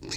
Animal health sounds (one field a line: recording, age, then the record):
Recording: pig call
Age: weaner (32 to 43 days)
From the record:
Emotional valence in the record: negative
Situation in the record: long isolation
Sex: female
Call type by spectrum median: high-frequency call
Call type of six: high-frequency modulated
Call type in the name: high-frequency modulated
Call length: 0.17 s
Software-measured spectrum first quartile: 649 Hz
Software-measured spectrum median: 3089 Hz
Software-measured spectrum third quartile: 5264 Hz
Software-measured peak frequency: 352 Hz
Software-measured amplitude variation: 106 dB a second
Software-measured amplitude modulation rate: 20.4 a second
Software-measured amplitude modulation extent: 5.2 dB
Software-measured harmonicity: 2.4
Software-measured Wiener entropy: -2.87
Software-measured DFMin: 733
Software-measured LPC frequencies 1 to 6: 1913, 2480, 3807, 4259, 5393, 6183 Hz